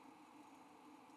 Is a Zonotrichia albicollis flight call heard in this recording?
no